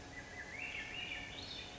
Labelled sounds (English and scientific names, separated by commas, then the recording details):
Swainson's Thrush (Catharus ustulatus)
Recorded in Sonoma County, California